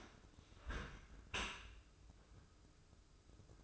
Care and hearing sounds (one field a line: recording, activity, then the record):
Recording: daily activity, microphone in the room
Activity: close dishwasher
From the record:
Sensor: 2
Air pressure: 995.7 hPa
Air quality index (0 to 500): 96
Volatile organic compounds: 5 ppm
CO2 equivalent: 1770 ppm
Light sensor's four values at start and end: 25/81/32/31 and 25/81/32/31